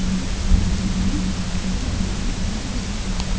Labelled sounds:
none
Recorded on Arctic tundra, site UTQI-0, on 22 June 2018
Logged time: 18:00

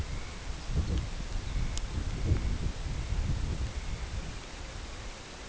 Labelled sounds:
Dunlin
unidentified sound
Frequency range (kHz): Dunlin 1.8-2.8 kHz
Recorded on Arctic tundra, site CORI-1, on 13 June 2018
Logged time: 16:00

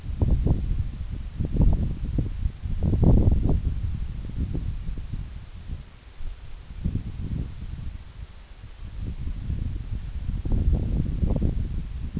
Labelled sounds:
none
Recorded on Arctic tundra, site NAIT-1, on 26 June 2019
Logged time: 12:00

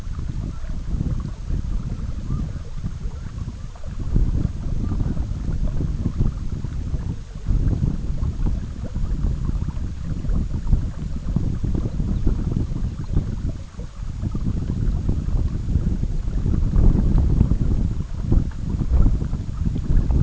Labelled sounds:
Red-throated Loon
unidentified sound
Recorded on Arctic tundra, site EABA-MC, on 19 June 2019
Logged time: 02:00

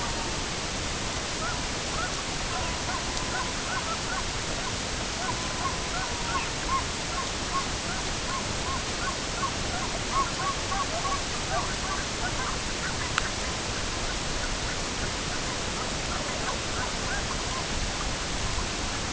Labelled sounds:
Red-throated Loon
unidentified sound
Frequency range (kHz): Red-throated Loon 0.6-1.6 kHz
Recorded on Arctic tundra, site EABA-MC, on 22 June 2019
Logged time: 08:00

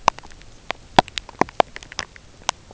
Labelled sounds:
none
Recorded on Arctic tundra, site UTQI-0, on 13 June 2019
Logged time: 10:00

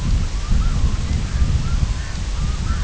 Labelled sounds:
Red-throated Loon
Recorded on Arctic tundra, site IGLO-F, on 22 June 2018
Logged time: 02:00

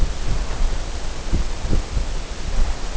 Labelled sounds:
none
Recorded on Arctic tundra, site NAIT-1, on 19 June 2018
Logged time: 21:00

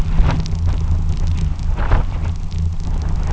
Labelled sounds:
none
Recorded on Arctic tundra, site UTQI-2, on 12 June 2019
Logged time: 04:00

